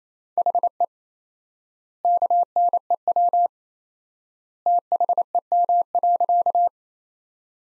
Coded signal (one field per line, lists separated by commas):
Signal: Morse code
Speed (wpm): 28 wpm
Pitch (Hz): 700 Hz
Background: none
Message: HE KNEW THEM.